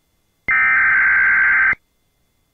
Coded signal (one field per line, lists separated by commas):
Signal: Emergency Alert System (SAME) tones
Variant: header bursts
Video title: EAS #241: Tornado Emergency For Tupelo Mississippi (Credit To PittsburghEAS)